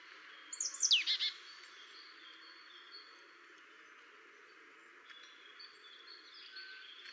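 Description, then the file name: Marsh tit call: a quick descending sharp note running into a short series of rasping buzzy notes. "Poecile palustris"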